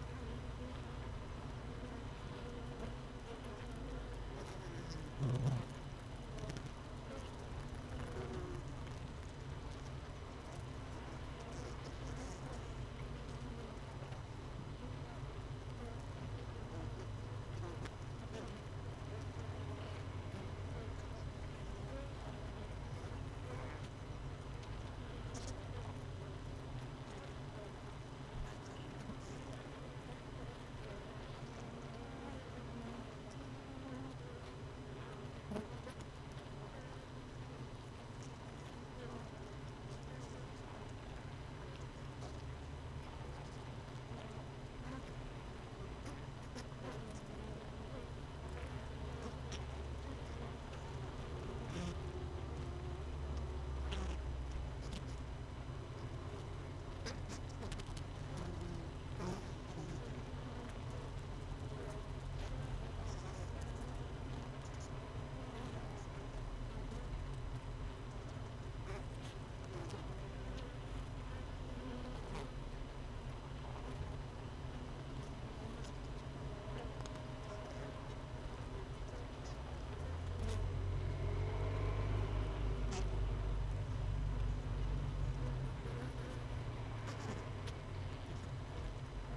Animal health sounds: honeybee colony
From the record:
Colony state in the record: missing queen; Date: 31 May 2018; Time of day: 16:45

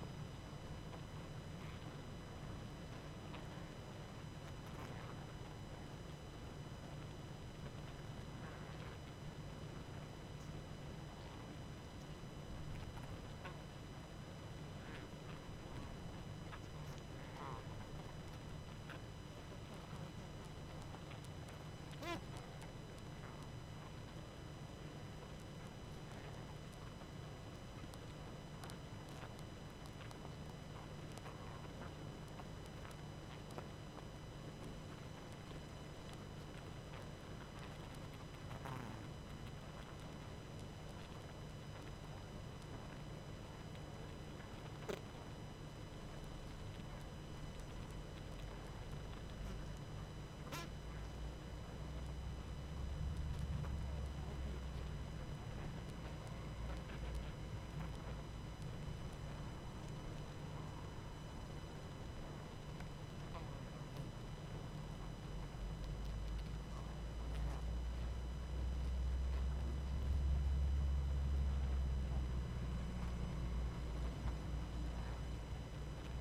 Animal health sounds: honeybee colony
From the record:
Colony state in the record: active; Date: 12 June 2018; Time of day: 21:38

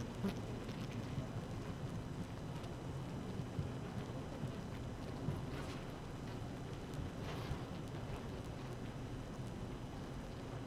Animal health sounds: honeybee colony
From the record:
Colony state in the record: active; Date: 12 June 2018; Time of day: 7:44

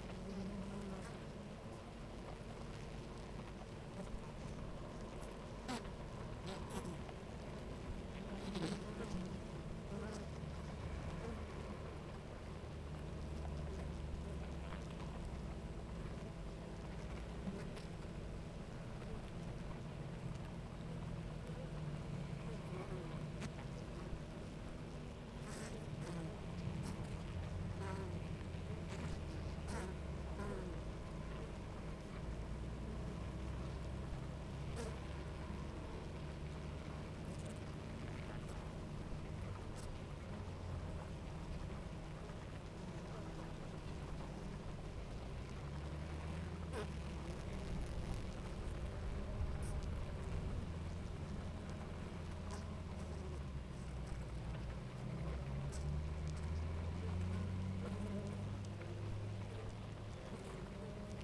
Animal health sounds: honeybee colony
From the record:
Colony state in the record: active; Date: 28 July 2017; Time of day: 9:42

